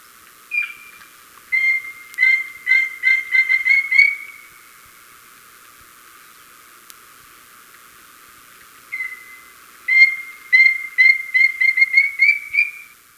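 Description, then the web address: Chestnut-naped Antpitta singing two long series of hollow whistled notes, starting slowly, then speeding up and rising slightly at the end, with a quiet pause between bouts. Ecuador. "Birds of Ecuador 2. Chestnut-Naped Antpitta"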